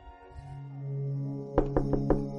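Four quick, evenly spaced knocks on a bedroom door ring out over a steady, low humming drone that fills the background.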